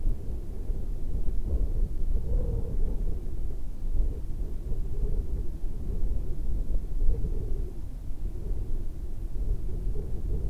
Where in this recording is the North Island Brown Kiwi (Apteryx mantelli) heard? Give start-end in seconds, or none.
none